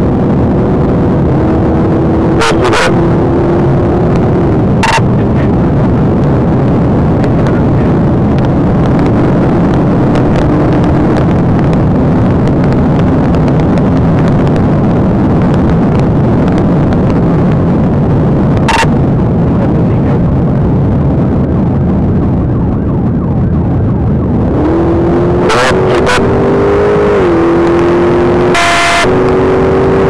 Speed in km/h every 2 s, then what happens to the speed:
161, 164, 175, 184, 187, 193, 198, 192, 180, 167, 140, 129, 127, 130, 142.
0-13 speeds up to 198. 13-21 brakes to 129. 21-26 steady at about 129. 26-30 speeds up to 142.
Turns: none.